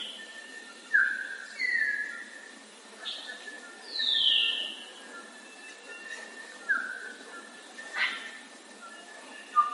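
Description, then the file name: Grey parrot clear whistles, rising and falling slurs spaced a second or two apart, with a few sharper squeaks. "canto do papagaio cinzento"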